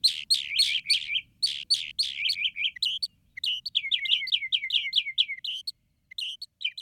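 Northern mockingbird song: rapid, varied chirpy phrases, each note type repeated several times before switching to a new one, with brief pauses between bursts.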